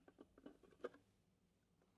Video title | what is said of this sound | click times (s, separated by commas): Technivorm Moccamaster KBGV Select Coffee Maker - Crew Review | so you just kind of pop it off there we go slide it off that way | 0.8 s